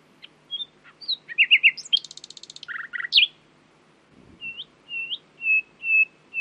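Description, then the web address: Common nightingale song of varied phrases: chirps, a fast buzzy trill and lower double notes, then a pause and a series of slow, drawn-out rising whistles. "owen Common Nightingale (Luscinia megarhynchos)"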